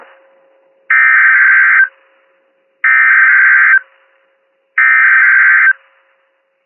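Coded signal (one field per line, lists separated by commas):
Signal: Emergency Alert System (SAME) tones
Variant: header bursts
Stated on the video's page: SAME tones of Hurricane Florence alerts caught live on weather radio stations KHB31, KEC84, WXL58, WNG706 and FM station WERO-FM.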